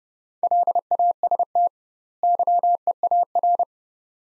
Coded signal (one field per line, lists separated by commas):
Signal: Morse code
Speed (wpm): 31 wpm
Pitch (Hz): 700 Hz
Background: none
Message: LAST YEAR